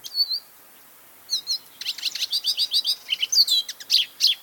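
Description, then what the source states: Lesser Goldfinch song: a thin high whistle, a pause, then a rapid tumbling string of bright chirps and short twittered notes. Song; small, beloved resident of the Southwest; recorded by Paul Marvin, Macaulay Library at the Cornell Lab of Ornithology.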